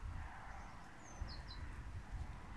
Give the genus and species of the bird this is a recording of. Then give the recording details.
Parus major. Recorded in Germany. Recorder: ecoPi